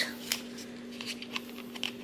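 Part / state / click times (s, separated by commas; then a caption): plastic scrap tray into laminator corner-rounder housing / not seated / none. After being emptied, the plastic scrap tray of a JZBrain laminator's built-in corner rounder is handled on its way back into the housing, making a few short plastic taps and rattles over a steady low hum. Nothing has seated or clicked into place yet.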